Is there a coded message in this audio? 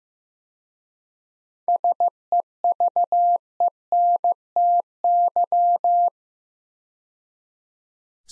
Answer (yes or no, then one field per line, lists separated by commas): yes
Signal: Morse code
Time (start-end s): 1.7-6.1 s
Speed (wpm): 15 wpm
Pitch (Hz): 700 Hz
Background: none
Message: SEVENTY